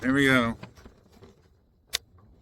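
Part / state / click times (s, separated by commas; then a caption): license plate light bulb socket in rear lamp housing / released / 2.0 s. Someone talks briefly, then the license plate light bulb socket of a 2013 Hyundai Sonata Limited is twisted counterclockwise to unlock it from the rear lamp housing. It gives a sharp snap at 2.0 s, and the socket comes free.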